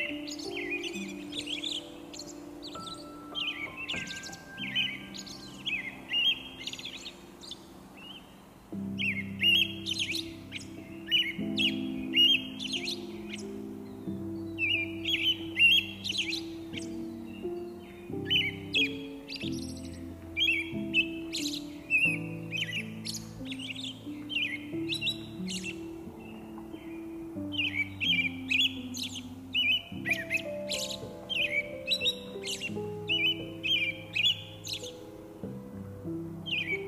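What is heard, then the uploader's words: Dense, steady birdsong chirps brightly above a calm piano melody of sustained low and mid notes, continuing throughout, with a brief pause near nine seconds. Nature's Birds with Beautiful Piano in the Background. Enjoy the sweet sound of nature while appreciating a classical piano song in the background.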